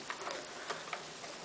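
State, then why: Not seated. A laptop-style 4GB memory module is lined up at an iMac's memory slot before being pushed in. Only light handling ticks are heard over a steady hiss, with sharper ticks at about 0.1, 0.5 and 0.9 seconds. Nothing has seated or clicked yet.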